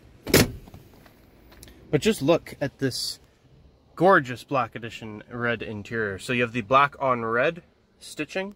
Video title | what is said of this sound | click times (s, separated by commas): 2019 Honda Ridgeline Black Edition - Nanaimo Honda | and the whole seat actually does come up and it locks into place with this here but | 0.3 s